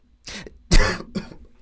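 Three quick, harsh cough bursts in a row from an adult, with the middle one loudest.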